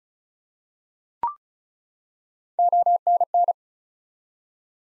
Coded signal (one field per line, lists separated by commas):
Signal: Morse code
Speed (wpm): 36 wpm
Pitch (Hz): 700 Hz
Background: none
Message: ONN